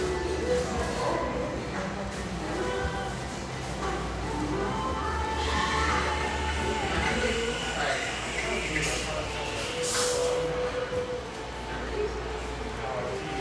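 Steady cafe chatter fills the clip, with several voices overlapping in a constant murmur and a low hum underneath. Brief clinks and bright clatters of dishes break through, most noticeably around six and ten seconds.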